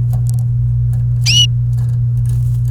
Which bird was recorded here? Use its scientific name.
Serinus canaria